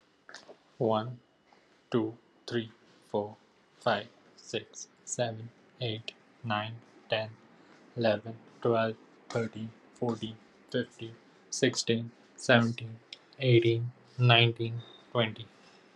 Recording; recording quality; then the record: counting at a normal pace; excellent, no background noise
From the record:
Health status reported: healthy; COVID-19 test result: not tested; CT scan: not taken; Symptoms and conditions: breathing difficulty, fatigue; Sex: male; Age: 21 years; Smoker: yes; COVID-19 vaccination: both doses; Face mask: not worn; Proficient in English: yes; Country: India